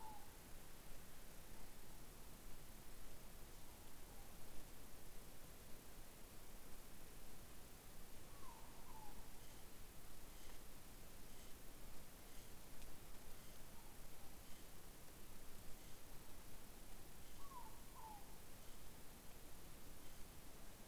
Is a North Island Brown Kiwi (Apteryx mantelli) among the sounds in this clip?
no